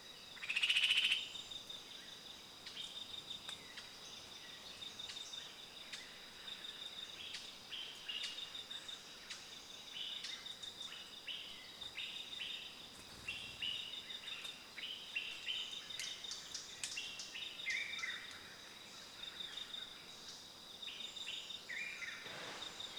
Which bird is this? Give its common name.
Common Bulbul